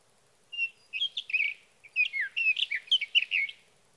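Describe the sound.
Sage thrasher song starting with a faint thin note, then a fast, varied warble with a brief break before another rush of slurred phrases.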